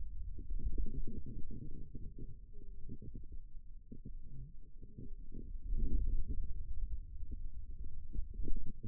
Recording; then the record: forearm muscle sounds (acoustic myography)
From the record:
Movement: ulnar deviation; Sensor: system 2, bracelet of six BSWA MPA416 microphones around the upper forearm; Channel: 6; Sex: male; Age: 22 years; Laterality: right